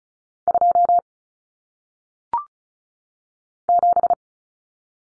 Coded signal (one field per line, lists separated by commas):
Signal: Morse code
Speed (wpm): 36 wpm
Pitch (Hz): 700 Hz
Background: none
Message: 2 7